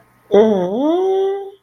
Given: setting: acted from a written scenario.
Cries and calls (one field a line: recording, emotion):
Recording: vocal sound without words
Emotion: adoration